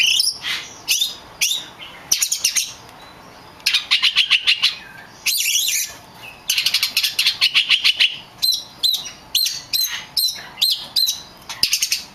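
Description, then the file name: Oriental magpie-robin song in short bursts of rapid ticking, clicky notes and trills, phrases repeated with brief pauses between them. Kacer lutung cebu variety. "audio burung kacer lutung cebu. omkicau"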